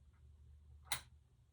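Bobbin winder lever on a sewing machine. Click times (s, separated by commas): 0.9 s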